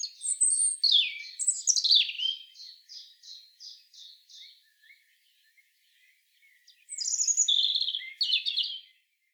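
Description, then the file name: European robin singing a high, sweet phrase of thin whistles that trails off in a series of softer repeated notes, then a pause before another bright warbled phrase. "Erithacus rubecula"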